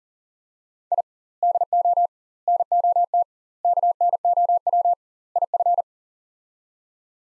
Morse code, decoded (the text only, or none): I DO NOT KNOW IF